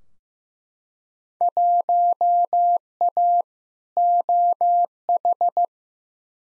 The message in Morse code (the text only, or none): 1A OH